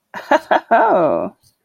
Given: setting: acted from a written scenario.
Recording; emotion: vocal sound without words; amusement